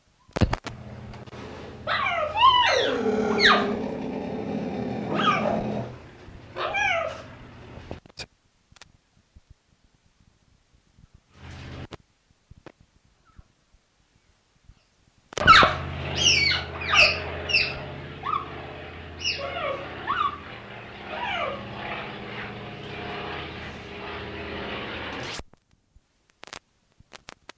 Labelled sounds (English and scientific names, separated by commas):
Cheetah (Acinonyx jubatus) call